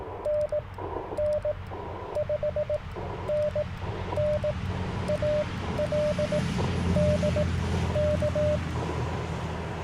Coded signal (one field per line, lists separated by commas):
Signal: Morse code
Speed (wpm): 18 wpm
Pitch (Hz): 600 Hz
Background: radio noise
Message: NN 5NN AL DK